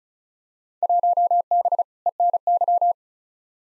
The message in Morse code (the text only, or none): 1B ENY